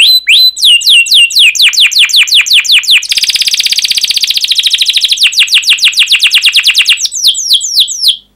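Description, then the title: Canary song, loud and continuous: rapid downward-sweeping chirps, then a dense buzzy trill of fast repeated notes, ending with more sweeping chirps. Energetic, fast, dense canary song with chirping and rolling phrases, played to lure and teach young canaries to sing. "Kenari Gacor Speed RAPAT Cuit Cuit Ngero L Suara Bagus Untuk Pancingan Kenari Paud Belajar Bunyi"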